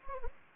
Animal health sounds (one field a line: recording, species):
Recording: mosquito wingbeat signal from an infrared sensor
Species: Anopheles gambiae